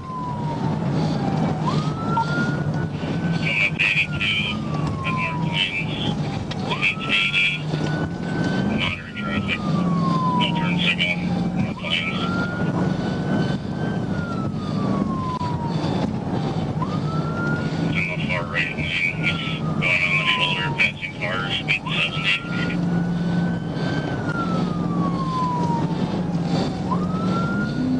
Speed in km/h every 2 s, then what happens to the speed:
124, 118, 111, 103, 108, 116, 121, 121, 119, 114, 105, 108, 109, 118.
0-5 brakes to 103. 5-12 speeds up to 121. 12-17 steady at about 121. 17-20 brakes to 105. 20-28 speeds up to 118.